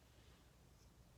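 Plastic key fob shell halves for a Toyota Fortuner key, being handled during a battery replacement and lined up to be pressed together until they lock. Only a low, steady handling rustle is heard, with no distinct click. Nothing has seated or clicked yet.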